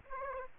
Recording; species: mosquito wingbeat signal from an infrared sensor; Aedes aegypti